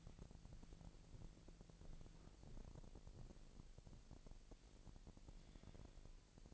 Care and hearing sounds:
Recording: daily activity, microphone in the room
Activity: walk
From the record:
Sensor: 5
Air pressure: 1002.1 hPa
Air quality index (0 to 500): 244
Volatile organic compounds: 29 ppm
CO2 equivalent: 2933 ppm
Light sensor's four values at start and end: 34/80/33/36 and 34/80/33/36

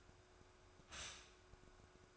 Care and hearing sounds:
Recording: daily activity, microphone in the room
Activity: stop toaster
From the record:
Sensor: 2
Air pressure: 1014.5 hPa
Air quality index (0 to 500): 195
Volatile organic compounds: 19 ppm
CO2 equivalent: 2668 ppm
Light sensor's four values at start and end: 4/10/3/3 and 4/10/3/3

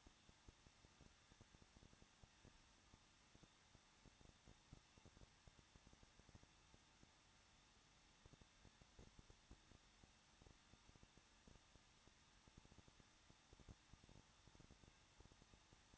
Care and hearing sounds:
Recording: daily activity, microphone in the room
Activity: no activity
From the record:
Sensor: 3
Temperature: 21.2 degrees Celsius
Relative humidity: 36.3%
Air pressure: 1006.4 hPa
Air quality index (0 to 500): 221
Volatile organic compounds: 40 ppm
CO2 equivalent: 3147 ppm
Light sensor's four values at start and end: 2/3/2/2 and 2/3/2/2

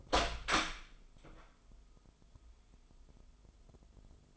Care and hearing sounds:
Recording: daily activity, microphone in the room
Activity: open door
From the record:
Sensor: 5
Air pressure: 996.3 hPa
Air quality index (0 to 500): 31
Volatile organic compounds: 1 ppm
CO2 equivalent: 558 ppm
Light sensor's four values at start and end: 44/102/42/44 and 43/102/42/44

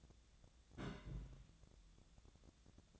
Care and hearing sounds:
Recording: daily activity, microphone in the room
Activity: place on stove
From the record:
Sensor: 3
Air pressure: 999.9 hPa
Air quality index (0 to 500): 126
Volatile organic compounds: 2 ppm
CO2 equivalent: 1128 ppm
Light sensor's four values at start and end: 46/116/50/56 and 46/116/50/56

